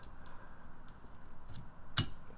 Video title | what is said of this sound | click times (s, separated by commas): How To Replace Wipers On Ford Mach-E | Groove you have to get in and then it just clicks right in super easy | 2.0 s